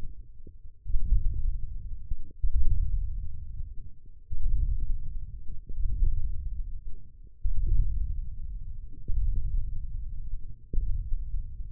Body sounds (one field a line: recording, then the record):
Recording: forearm muscle sounds (acoustic myography)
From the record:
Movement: ulnar deviation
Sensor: system 1, eight BSWA MPA416 microphones around the upper forearm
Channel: 3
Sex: male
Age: 20 years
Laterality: left